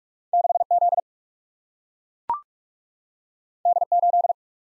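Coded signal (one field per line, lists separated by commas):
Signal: Morse code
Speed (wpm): 44 wpm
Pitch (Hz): 700 Hz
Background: none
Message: 6 Z D 8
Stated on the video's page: Morse head-copy drill at 45 wpm of random two-character letter and number combinations, each sent, spoken, then sent again.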